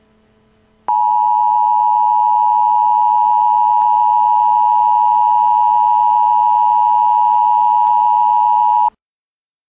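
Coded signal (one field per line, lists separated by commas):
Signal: Emergency Alert System (SAME) tones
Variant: 853 and 960 Hz attention tone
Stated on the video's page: Simulated EAS alert for a fictional nuclear missile attack scenario.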